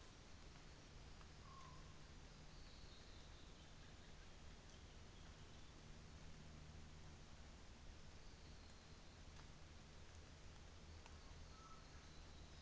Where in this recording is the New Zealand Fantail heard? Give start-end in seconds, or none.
none